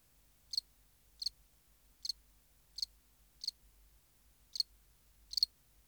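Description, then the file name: House cricket giving seven high, scratchy chirps over a faint low hum. "Acheta domesticus"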